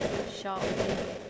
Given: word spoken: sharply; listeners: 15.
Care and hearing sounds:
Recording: one English word in noise, from a listening test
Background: noise modulated by three-talker babble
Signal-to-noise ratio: -6.7 dB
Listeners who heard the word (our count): 2 of 15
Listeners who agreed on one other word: 6 of 15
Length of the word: 0.90 s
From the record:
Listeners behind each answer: 6, 3, 2, 1, 1, 1, 1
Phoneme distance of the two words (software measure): 14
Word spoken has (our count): 2 syllables, 5 phonemes, stress on syllable 1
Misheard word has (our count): 1 syllable, 3 phonemes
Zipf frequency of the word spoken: 3.50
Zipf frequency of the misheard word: 4.55

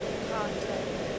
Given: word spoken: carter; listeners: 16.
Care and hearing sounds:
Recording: one English word in noise, from a listening test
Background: speech-shaped noise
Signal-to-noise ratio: -6.2 dB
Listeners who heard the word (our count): 5 of 16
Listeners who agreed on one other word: 7 of 16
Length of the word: 0.79 s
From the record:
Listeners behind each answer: 7, 5, 2, 1, 1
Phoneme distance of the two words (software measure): 10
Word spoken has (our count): 2 syllables, 4 phonemes, stress on syllable 1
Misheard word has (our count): 2 syllables, 4 phonemes, stress on syllable 1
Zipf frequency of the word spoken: 4.19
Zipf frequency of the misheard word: 3.00

